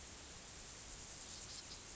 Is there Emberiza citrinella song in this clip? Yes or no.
no